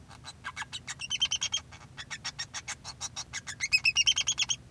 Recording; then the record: song of a male Bengalese finch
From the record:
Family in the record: son of father 2